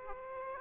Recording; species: mosquito wingbeat signal from an infrared sensor; Aedes aegypti